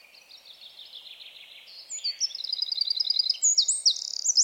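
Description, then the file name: Eurasian wren song, starting soft and building into a loud, rapid stream of high trills and piercing repeated notes. "Troglodytes troglodytes"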